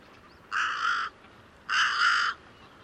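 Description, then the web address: Bird calling twice with long, harsh, rasping caws, each lasting over half a second, separated by a short pause. "cianscape. Deverinetal 2025. Bird Only"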